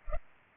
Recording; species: mosquito wingbeat signal from an infrared sensor; Culex pipiens